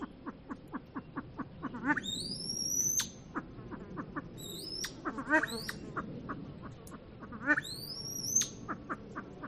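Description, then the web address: Silver pheasant uttering a steady run of low, gruff clucks with a few louder notes, among high rising whistles. "lophura-nycthemera-sound"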